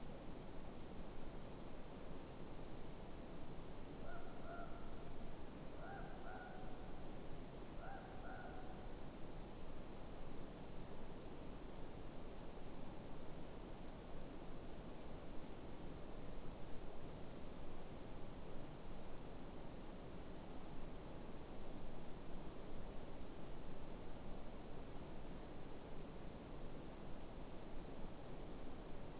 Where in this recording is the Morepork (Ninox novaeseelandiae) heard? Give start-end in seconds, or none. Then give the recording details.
3.90-8.84. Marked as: faintness 3/5. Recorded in New Zealand. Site Eglinton